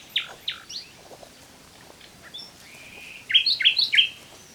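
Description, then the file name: Common nightingale phrases: two sharp falling notes, a soft whistled rise, then a rapid rattle of repeated buzzy notes near the close. "Luscinia megarhynchos"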